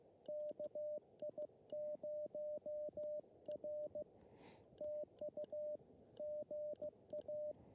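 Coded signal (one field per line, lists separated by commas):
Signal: Morse code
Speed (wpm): 15 wpm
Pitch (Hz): 600 Hz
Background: radio noise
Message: KI0R TU GA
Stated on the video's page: Morse heard during a desert park activation of Joshua Tree National Park, using a CHA LEFS antenna on a mast with drive-on support.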